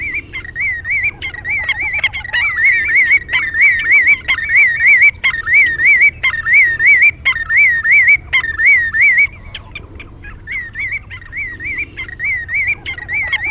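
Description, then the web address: Willet giving loud, rolling, wavering calls, dense and continuous for most, then fainter, more spaced notes near the end, over a steady low hum. "Shorebirds Willet Sounds Willet"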